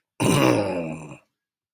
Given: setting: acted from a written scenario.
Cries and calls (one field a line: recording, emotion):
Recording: vocal sound without words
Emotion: anger